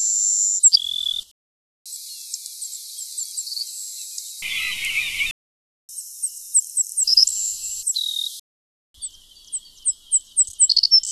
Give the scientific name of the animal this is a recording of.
Passerculus sandwichensis